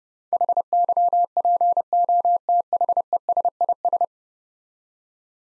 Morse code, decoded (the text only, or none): HYPOTHESIS